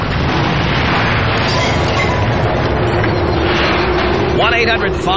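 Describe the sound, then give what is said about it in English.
A loud explosion sound effect, a dense roaring rumble heavy in the low end that holds steady for about five seconds, with a brief wavering tone rising near the end. “blow me up.”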